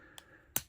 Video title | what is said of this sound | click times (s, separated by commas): Autobot Bumper, Ultra Magnus, Horri-Bull & Nemesis Prime Review - Transformers Age of the Primes | This will actually, you can see that there's a peg here that will snap into place. | 0.6 s